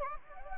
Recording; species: mosquito wingbeat signal from an infrared sensor; Anopheles gambiae